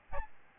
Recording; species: mosquito wingbeat signal from an infrared sensor; Aedes albopictus